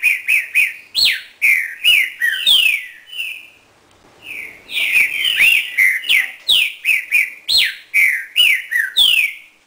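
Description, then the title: Green-winged Saltator song, loud clear whistled notes in fast slurred phrases, some sharply rising or falling, with a brief pause midway before the phrases resume. "trinca ferro"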